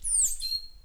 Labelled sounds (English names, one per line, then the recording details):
Stitchbird song
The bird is a male
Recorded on Tiritiri Matangi Island, New Zealand, in 2005
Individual 3, of nest box 3